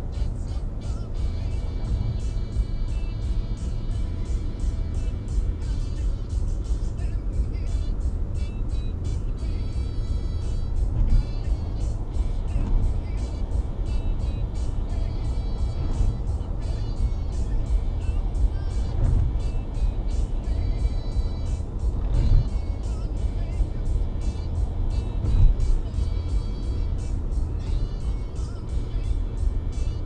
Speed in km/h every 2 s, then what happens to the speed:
57, 63, 67, 70, 73, 74, 76, 77, 78, 78, 79, 79, 79, 78, 76.
0-13 speeds up to 77. 13-30 steady at about 78.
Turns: none.